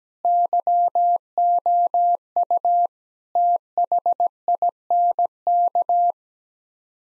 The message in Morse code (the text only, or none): YOU THINK